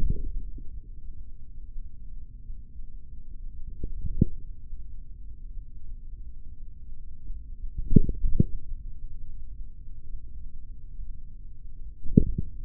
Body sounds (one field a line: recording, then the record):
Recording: forearm muscle sounds (acoustic myography)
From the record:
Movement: tripod grip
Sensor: system 3, bracelet of six PUI Audio POM-2738L microphones around the upper forearm, with dedicated amplification and filtering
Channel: 1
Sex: male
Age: 43 years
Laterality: right